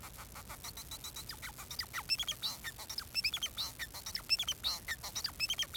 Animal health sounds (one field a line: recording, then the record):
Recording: song of a male Bengalese finch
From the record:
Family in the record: son of father 4